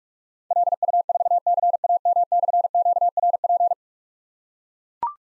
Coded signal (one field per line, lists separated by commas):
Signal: Morse code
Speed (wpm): 44 wpm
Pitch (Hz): 700 Hz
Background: none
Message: LU4CAM/QRP